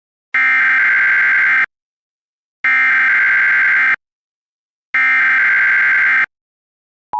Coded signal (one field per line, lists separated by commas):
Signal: Emergency Alert System (SAME) tones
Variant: header bursts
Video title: Mock EAS: Persistent Wi-Fi Cutoff Warning